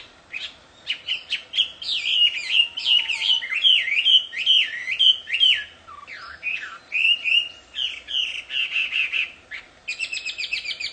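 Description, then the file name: Chinese hwamei song: rapid, varied whistled phrases with sharp slurs and a brief pause, closing with a burst of quick high notes. Wild bird, singing in its natural habitat. "audio kicauan burung hwamei di alam liar. omkicau"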